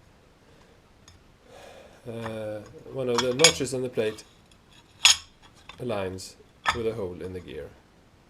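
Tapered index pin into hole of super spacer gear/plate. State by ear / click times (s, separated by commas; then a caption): not seated / none. A steel index plate on a super spacer is rotated by hand until one of its notches lines up with a hole in the gear, ready for the tapered index pin, while someone talks. Light metallic handling sounds and a sharp tap near 5.1 s are heard, but the pin has not yet seated or clicked into the hole.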